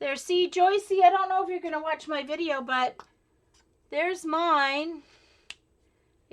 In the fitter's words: clicks into place